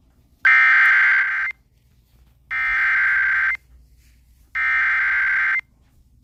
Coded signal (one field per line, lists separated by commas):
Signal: Emergency Alert System (SAME) tones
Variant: header bursts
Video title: Eas special marine warning in Hawaii Eas#402